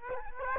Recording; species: mosquito wingbeat signal from an infrared sensor; Aedes aegypti